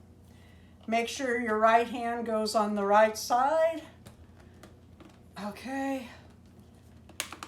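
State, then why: Seated. A vinyl doll's right arm is pushed into the torso shoulder joint while someone talks, with small handling taps and rustles in between. A sharp click at 7.2 s marks the arm seating into place, confirming the doll is connected correctly.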